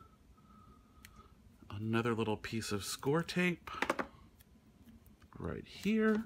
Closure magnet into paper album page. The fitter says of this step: I'm going to go ahead and let that lock into place.